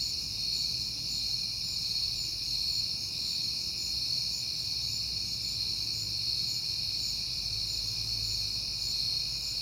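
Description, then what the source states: Steady high cricket trilling, many insects blending into one shimmering drone, with a quiet low background rumble. Recorded at night in September, on a peaceful night.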